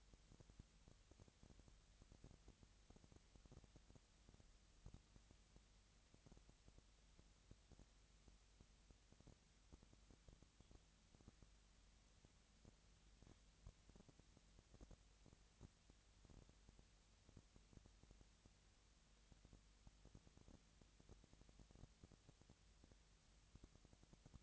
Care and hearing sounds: daily activity, microphone in the room; no activity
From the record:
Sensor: 3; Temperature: 20.6 degrees Celsius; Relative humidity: 35.7%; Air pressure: 998.8 hPa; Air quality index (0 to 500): 236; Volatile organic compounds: 72 ppm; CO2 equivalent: 3536 ppm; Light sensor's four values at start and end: 2/3/2/2 and 2/3/2/2

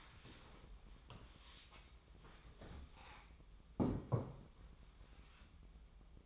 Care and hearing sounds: daily activity, microphone in the room; stand up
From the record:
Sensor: 1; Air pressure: 1005.0 hPa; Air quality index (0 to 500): 124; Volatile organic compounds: 5 ppm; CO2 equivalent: 1742 ppm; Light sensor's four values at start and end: 11/27/11/12 and 11/26/10/11

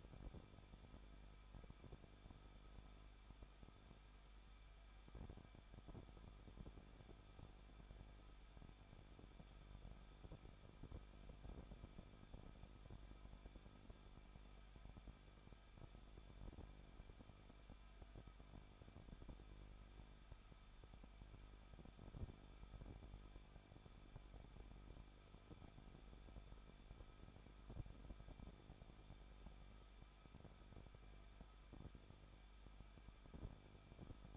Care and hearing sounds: daily activity, microphone in the room; no activity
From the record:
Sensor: 5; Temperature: 20.8 degrees Celsius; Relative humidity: 38.3%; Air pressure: 1006.6 hPa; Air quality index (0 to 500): 186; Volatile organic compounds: 17 ppm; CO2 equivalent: 2597 ppm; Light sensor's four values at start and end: 2/3/1/1 and 2/3/1/1

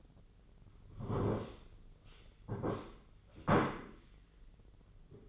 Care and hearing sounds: daily activity, microphone in the room; sit down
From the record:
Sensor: 4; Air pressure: 996.8 hPa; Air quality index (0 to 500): 240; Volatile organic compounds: 332 ppm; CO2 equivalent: 4548 ppm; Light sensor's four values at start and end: 44/109/45/45 and 45/109/45/45

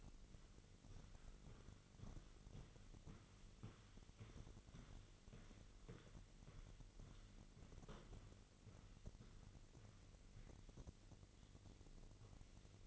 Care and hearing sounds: daily activity, microphone in the room; walk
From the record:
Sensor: 4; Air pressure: 1002.4 hPa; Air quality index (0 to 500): 216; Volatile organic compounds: 12 ppm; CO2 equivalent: 2340 ppm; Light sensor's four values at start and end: 20/71/26/26 and 20/71/26/26

